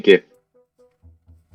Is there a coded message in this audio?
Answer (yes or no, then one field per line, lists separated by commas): no